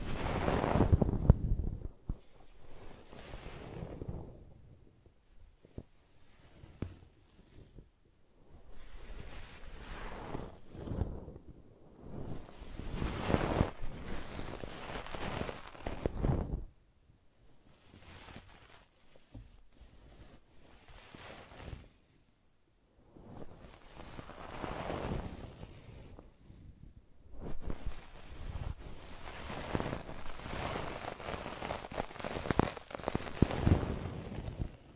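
Brushing and scratching in long, hissing strokes that swell and fade roughly every five to six seconds, separated by brief near-silent pauses. Each pass is rough and full, spanning low rumble to bright hiss, with small scratchy ticks scattered through it.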